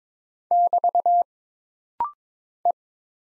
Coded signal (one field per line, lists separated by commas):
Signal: Morse code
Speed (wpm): 22 wpm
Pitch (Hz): 700 Hz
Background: none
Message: <BT> E